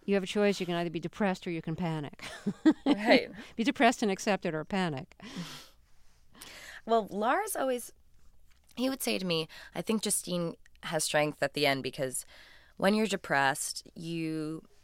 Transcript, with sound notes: You have a choice: You can either be depressed or you can panic.
(SOUNDBITE OF LAUGHTER)
Right.
Be depressed and accept it, or panic.
Well, Lars always - he would say to me, I think Justine has strength at the end, because when you're depressed,